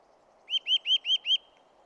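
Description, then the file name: Eurasian nuthatch giving a quick series of five clear, ringing notes, each rising then dipping, evenly spaced over about one second, with faint low background hum. "Sitta europaea"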